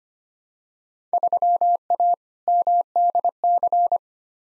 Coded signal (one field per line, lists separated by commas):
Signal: Morse code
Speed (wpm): 25 wpm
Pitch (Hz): 700 Hz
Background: none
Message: 3A MDC